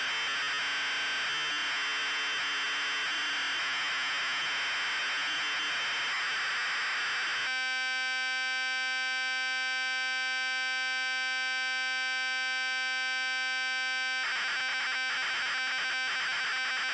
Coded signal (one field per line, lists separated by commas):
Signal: ZX Spectrum tape loading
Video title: Wizball TZX load test (ZX Spectrum +2, UK)